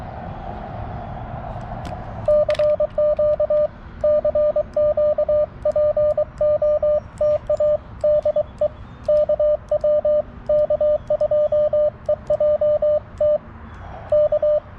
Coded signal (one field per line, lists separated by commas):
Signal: Morse code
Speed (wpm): 23 wpm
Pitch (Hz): 590 Hz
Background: radio noise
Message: CQ CQ POTA DE KW K2EJT K